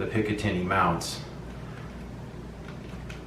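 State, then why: Not seated. A rubberized rail cover is pressed onto an aluminum AR-15 handguard between the Picatinny mounts, but it is not put on the right way and fails to snap in. Someone talks for the first second, then faint, short handling sounds come at about 2.7, 3.1 and 3.3 seconds. Nothing has seated or clicked yet.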